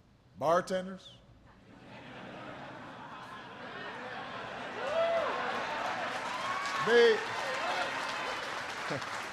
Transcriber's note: laughter and applause